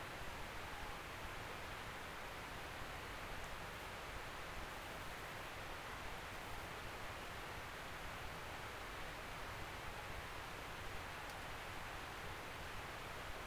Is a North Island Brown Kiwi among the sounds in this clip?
no